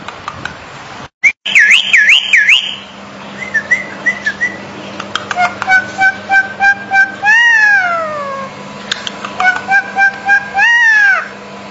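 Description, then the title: Bali myna giving loud, varied calls: quick wavering whistled notes, short chattering phrases, then long harmonic calls that sweep up and slide down, with faint steady hum behind. "Jalak Bali"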